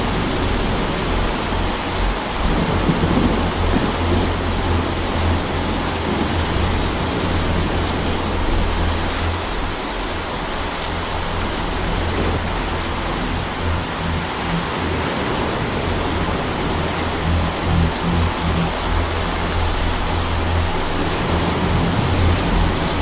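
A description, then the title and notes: Rain and wind make a dense, steady hiss that fills the whole 23 seconds with no pauses, rising and falling only slightly. Low rumbling tones hum beneath it throughout, and the wash sounds even, like a heavy, constant downpour. The Most Beautiful Sounds of Rain and Wind!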